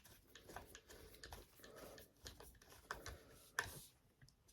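While reassembling an air pump after a diaphragm change, a corner bolt is turned half a turn backwards against the plastic housing, making a series of faint ticks and scrapes. At 3.6 s the thread drops into place with a sharp click, and the bolt is seated and started into the housing.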